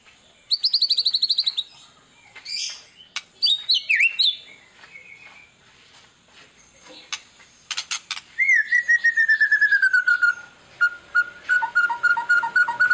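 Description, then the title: White-rumped shama song: a rapid trill, buzzy notes, then a long descending whistle followed by a fast repeated series of notes. Lure recording meant to make other white-rumped shamas respond; described as a lively, frequently singing bird. "PANCINGAN MEWAH MURAI BATU GACOR, SEKALI DENGAR AMPUH LANGSUNG RESPON"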